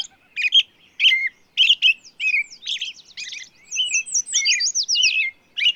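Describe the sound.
Bird song: rapid chirps followed by a series of high, arched whistled notes repeated in quick succession near the end.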